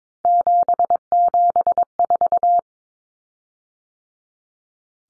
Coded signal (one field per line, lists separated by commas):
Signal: Morse code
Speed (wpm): 22 wpm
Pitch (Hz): 700 Hz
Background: none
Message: 774